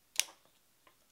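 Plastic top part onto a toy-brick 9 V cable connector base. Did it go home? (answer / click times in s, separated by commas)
yes / 0.2 s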